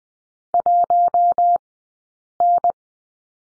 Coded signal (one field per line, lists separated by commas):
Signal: Morse code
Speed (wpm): 20 wpm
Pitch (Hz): 700 Hz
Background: none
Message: 1N